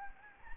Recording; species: mosquito wingbeat signal from an infrared sensor; Anopheles gambiae